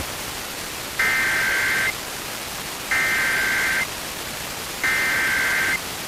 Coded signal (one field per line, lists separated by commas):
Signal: Emergency Alert System (SAME) tones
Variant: header bursts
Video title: Pennsylvania Required Monthly Tests (12/15/22)(EAS 1311-1321)